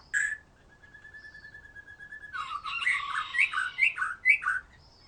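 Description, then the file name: White-rumped shama song opening with a sharp note and a long thin steady whistle, then loud varied slurred phrases rising and falling. "murai batu"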